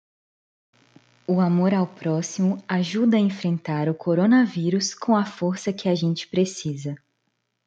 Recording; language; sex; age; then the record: spoken sentence; Brazilian Portuguese; female; 20 to 29 years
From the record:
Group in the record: control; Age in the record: 27 years